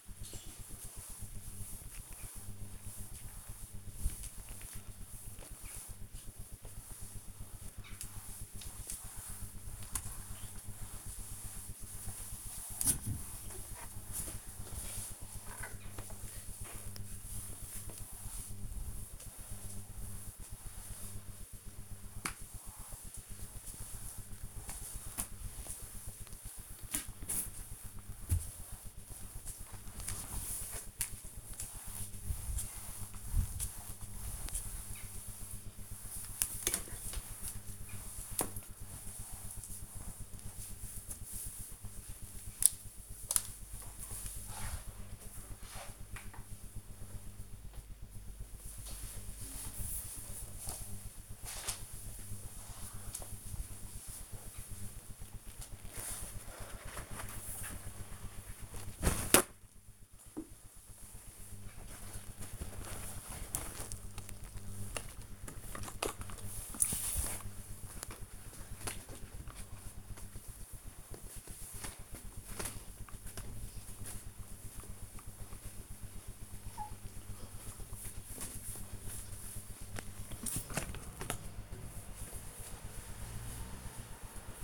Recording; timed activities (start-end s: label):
household activities, microphone on the right wrist
0.00-40.67 s: floor cleaning
55.78-84.64 s: window cleaning